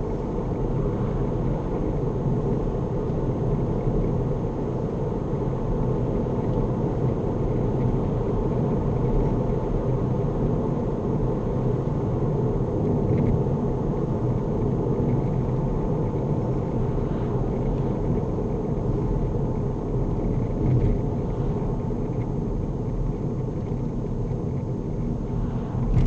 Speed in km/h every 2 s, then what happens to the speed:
76, 79, 81, 84, 84, 81, 79, 74, 71, 63, 60, 50, 44.
0-6 speeds up to 84. 6-26 slows to 44.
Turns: none.